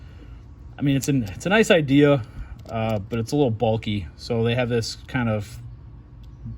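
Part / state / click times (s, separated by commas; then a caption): weapon light mount onto the flashlight body / not seated / none. A man talks while a clip-style mount is being handled on a Streamlight weapon light, to be fitted onto the flashlight body. Only speech is heard, with no distinct clicks. The mount has not seated or clicked into place yet.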